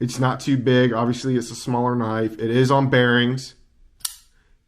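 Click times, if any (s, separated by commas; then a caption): 4.1 s. Someone talks, then a small Finch Knives 1929 folding knife on bearings is flicked open. The metal lock engages the blade with one sharp click at 4.1 s, and the blade locks open.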